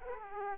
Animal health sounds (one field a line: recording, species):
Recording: mosquito wingbeat signal from an infrared sensor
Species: Aedes aegypti